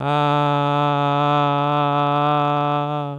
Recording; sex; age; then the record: sustained vowel /a/; male; 70 to 79 years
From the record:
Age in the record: 71 years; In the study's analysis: included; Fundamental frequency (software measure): 144 Hz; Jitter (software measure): 0.25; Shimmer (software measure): 1.00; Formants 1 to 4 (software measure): 783 Hz, 1285 Hz, 2551 Hz, 3365 Hz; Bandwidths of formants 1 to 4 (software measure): 209 Hz, 116 Hz, 186 Hz, 377 Hz